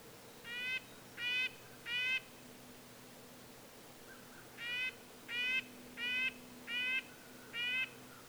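Red-breasted nuthatch giving nasal, tinny toots: three quick notes, a short pause, then five more in an even series, over a faint low hum.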